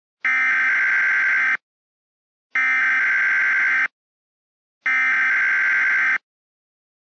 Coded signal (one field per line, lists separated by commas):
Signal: Emergency Alert System (SAME) tones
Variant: header bursts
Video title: “Florida Tornado Havoc” Remastered [EAS Scenario]